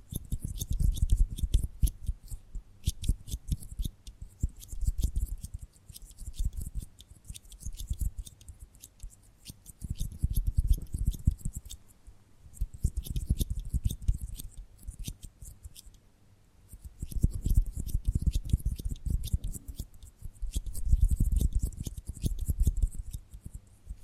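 Tapping and gripping sounds come in bursts of dense, quick clicks and rubs, with short pauses around 4, 12 and 16 seconds. Each burst mixes a low, soft thumping with crisp, bright scratchy ticks, rising and falling in loudness.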